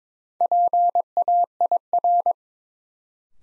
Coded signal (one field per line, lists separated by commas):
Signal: Morse code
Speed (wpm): 22 wpm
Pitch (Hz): 700 Hz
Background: none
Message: PAIR